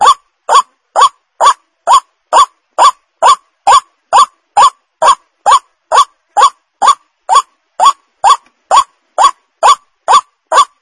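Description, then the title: White-breasted waterhen calling, a harsh croaking note repeated steadily about twice a second throughout, with no other sounds. Lure call used to attract the bird; the bird is known locally as ruak-ruak. "Suara Ruak Ruak"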